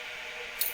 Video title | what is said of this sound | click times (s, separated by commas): Complete Tutorial: Mastering the Pure Distilling Still - From Start to Finish | gra You Heard It Go click there you go | 0.6 s